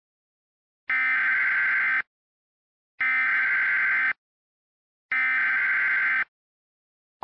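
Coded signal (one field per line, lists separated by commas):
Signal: Emergency Alert System (SAME) tones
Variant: header bursts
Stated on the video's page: Fictional scenario alert with valid tones, carried on Xfinity and Spectrum cable.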